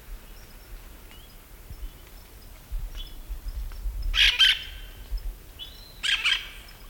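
Hispaniolan parakeet calls: two loud, raspy screeching bursts, preceded by a few faint calls.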